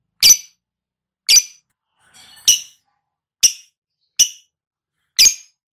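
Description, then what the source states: Lovebird calls: six harsh, shrill chirps about one second apart, one preceded by a soft chattering note. Ngekek-style trilling song of a lovebird, described as "auto gacor" (vocalising readily and continuously).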